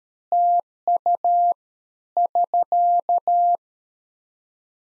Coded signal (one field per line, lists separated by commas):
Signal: Morse code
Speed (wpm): 13 wpm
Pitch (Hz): 700 Hz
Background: none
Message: TU <SK>